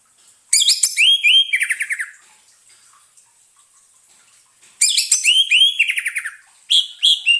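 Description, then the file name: Orange-headed thrush song: rich, fluty whistles falling into a rapid descending series of notes, repeated twice with a brief start of a third phrase. Therapy sound for an orange-headed thrush (anis merah) that has stopped singing (macet bunyi). "terapi suara anis merah macet bunyi"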